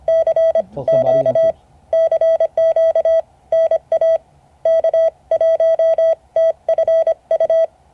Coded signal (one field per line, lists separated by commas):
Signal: Morse code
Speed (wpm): 25 wpm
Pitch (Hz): 650 Hz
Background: none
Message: CQ CQ NA K1TFU